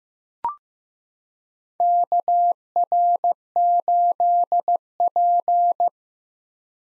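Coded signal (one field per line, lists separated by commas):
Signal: Morse code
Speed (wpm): 15 wpm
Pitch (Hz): 700 Hz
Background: none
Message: KR8P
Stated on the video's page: Morse practice of common POTA hunter call signs at 15 wpm, each sent, spoken, then sent again for head-copy.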